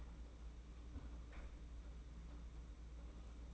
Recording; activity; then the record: daily activity, microphone in the room; close fridge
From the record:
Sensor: 1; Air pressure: 991.8 hPa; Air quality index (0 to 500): 205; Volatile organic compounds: 1000 ppm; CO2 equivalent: 7937 ppm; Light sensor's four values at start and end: 28/98/37/38 and 28/98/37/38